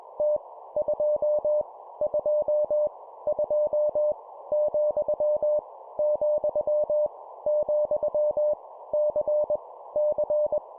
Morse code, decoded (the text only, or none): T 2 2 2 , , , C C